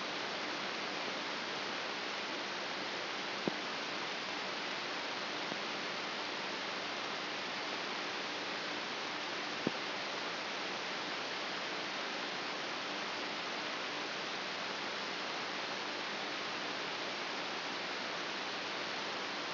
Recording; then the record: brain microelectrode recording played as sound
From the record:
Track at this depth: outside the subthalamic nucleus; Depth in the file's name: 4.821 mm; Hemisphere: left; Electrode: 3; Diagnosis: Parkinson's disease